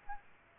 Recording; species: mosquito wingbeat signal from an infrared sensor; Aedes aegypti